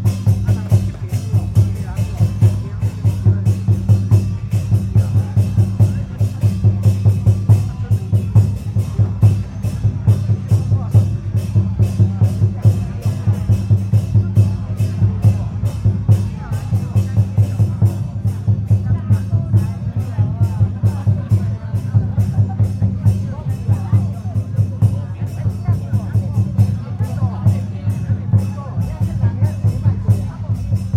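A temple pilgrimage procession returning through a street, with a steady low droning rumble, rapid sharp crackling beats throughout, and voices mixed in.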